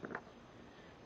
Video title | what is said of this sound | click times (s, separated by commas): 4-1/2" Heavy Duty Angle Grinder 01 | so just put that back the way it's shaped and you should hear a a click | 0.0 s, 0.1 s